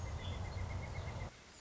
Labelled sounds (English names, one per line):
Pileated Woodpecker